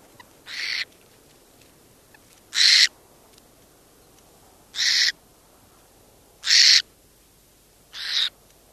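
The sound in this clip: Burrowing owl giving harsh, hissing rasps, five short bursts spaced roughly two seconds apart over a faint steady background hiss.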